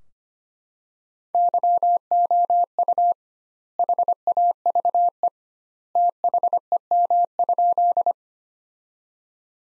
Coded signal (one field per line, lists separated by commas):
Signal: Morse code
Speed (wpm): 25 wpm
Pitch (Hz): 700 Hz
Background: none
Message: YOU HAVE THEM?